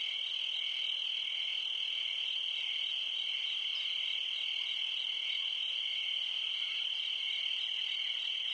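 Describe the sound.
Cricket song as an even, high-pitched continuous trill with faint flickering chirps layered above it.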